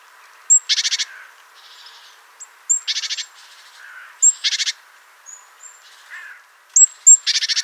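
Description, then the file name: Great tit harsh buzzy calls, four bursts each preceded by a high thin note, with faint softer notes between. "Parus major"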